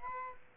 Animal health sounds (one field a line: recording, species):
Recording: mosquito wingbeat signal from an infrared sensor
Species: Aedes aegypti